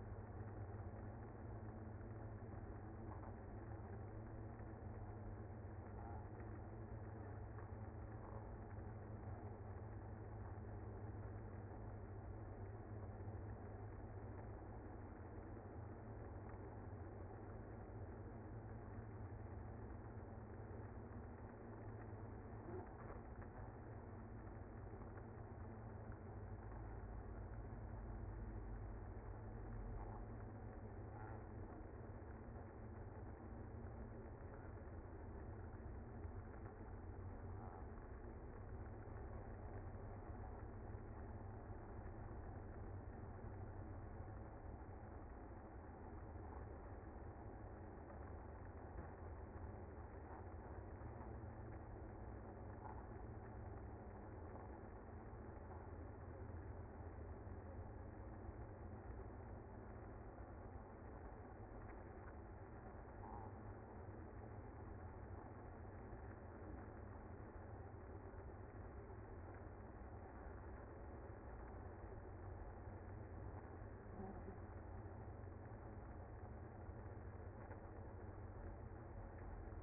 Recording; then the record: honeybee colony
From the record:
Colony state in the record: active